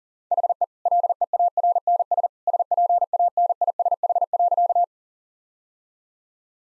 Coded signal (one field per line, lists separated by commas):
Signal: Morse code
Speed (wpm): 40 wpm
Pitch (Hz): 700 Hz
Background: none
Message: HE LEARNS SPANISH.